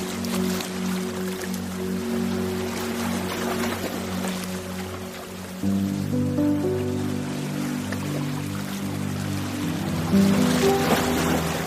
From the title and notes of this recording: Deep Ocean Sleep Ambience: Sleep Music & Ocean Waves. Ocean waves sounds and sleep-inducing music.